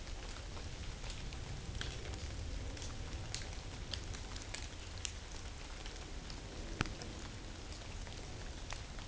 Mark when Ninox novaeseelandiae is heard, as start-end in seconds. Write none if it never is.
none